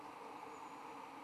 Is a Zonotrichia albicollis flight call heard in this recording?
no